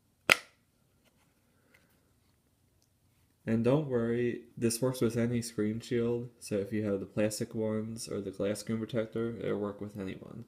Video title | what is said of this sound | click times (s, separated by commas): Urban Armor Gear Maverick iPhone 5/5S Case Review | and then you just go over to the other side and just snap into place | 0.3 s